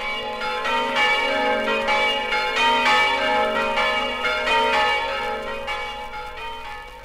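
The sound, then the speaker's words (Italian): The bell of the Duomo in Buia rings out from its slender, elegant 70-metre bell tower in steady, festive peals, each strike leaving a bright, shimmering hum that overlaps the next, loud and continuous with no voices. “Dallo snello e elegante campanile alto 70 metri, la campana del Duomo di Buia sgrana i suoi festosi rintocchi per salutare gli emigrati friulani.”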